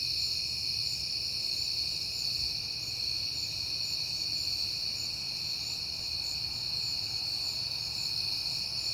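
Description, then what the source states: Crickets produce a sustained, ringing high chorus, steady from start to finish, over low rumbling. Recorded at night in September on a peaceful night, with crickets heard often that month.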